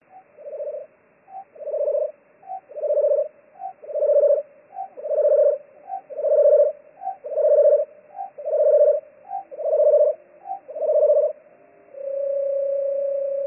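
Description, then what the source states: Bunting song, a low phrase of about ten repeated notes, each a short pip and a fuller burst roughly every 1.2 seconds, ending on one long steady note. A single song phrase.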